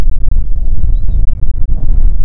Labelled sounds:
songbird, wind
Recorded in the Prudhoe Bay oil fields, Alaska, on 6 June 2019 at 03:46
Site 16

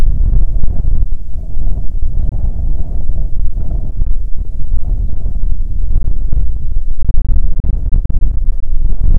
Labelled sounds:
songbird, wind
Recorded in the Prudhoe Bay oil fields, Alaska, on 6 June 2019 at 13:25
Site 16

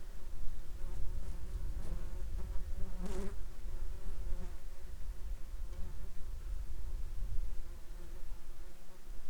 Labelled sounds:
wind, insects
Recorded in the Arctic National Wildlife Refuge, Alaska, on 7 July 2021 at 13:41
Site 33

